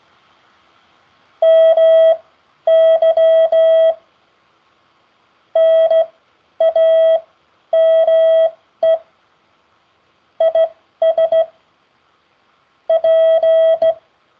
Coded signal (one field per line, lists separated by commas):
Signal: Morse code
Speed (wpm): 16 wpm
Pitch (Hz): 650 Hz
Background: none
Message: MY NAME IS P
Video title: The forth COOL CW Practice aired on the 19th September 2024